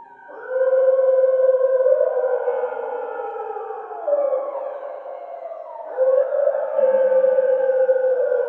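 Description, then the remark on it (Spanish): Two sustained tones, a wolf's howl and a singer's voice, sit very close in pitch, their interference creating a slow wavering beat that pulses through the long, steady sound, which swells anew around the middle and again near the end. “Luego hay la Schwebung”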